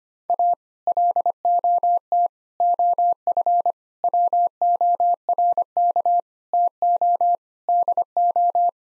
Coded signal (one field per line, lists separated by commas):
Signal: Morse code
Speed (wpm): 25 wpm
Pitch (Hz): 700 Hz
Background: none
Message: A LOT OF WORK TO DO